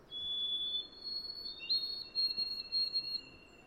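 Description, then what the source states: White-throated Sparrow song: a plaintive whistled phrase, a lower pure note followed by longer, higher, slightly wavering notes, over faint steady background noise. Song a delicate, plaintive, thin, wavering, tremulous whistle that seems to end just as it begins.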